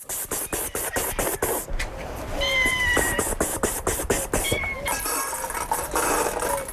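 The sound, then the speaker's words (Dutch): Several cats left behind at kibbutz Neer Oz near the Gaza Strip meow in high, drawn-out cries, one after another, as they are being fed, over a busy backdrop of repeated scraping and rustling bursts. “Ze geeft er katten te eten die massaal werden achtergelaten in de chaos waarin de bewoners op 7 oktober vertrokken.”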